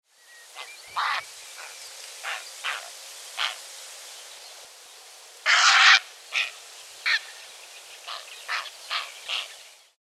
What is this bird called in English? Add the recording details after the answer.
Grey Heron. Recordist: Tembrock, Günter. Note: Rufe eines Graureihers, auf den gehasst wird